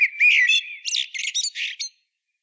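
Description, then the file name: Eurasian blackbird giving one song phrase: a smooth fluted whistle, then a run of several quick, squeaky high twittering notes. "Turdus merula"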